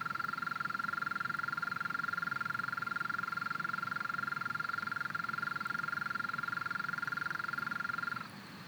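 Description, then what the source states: European mole cricket song, one steady churring trill of rapid even pulses running for about eight seconds before ending abruptly, leaving quiet background. Small population in a flooded alpine pasture at 1250 m, Le Villard, Drôme, 3 May 2020; heard there each year at this season; stereo recording, Nagra Seven with MKH40 microphone.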